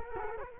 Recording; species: mosquito wingbeat signal from an infrared sensor; Culex quinquefasciatus